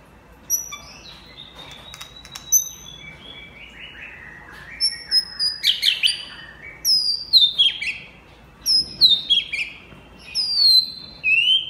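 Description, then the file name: White-rumped shama song, a varied run of high whistles, sweeping slurs and sharp down-slurred notes in irregular bursts, with short pauses between phrases. Champion bird from a singing contest. "suara murai batu juara lomba"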